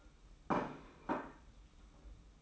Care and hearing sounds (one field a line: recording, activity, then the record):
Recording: daily activity, microphone in the room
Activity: place plate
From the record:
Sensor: 1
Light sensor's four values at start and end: 28/97/37/38 and 28/97/37/38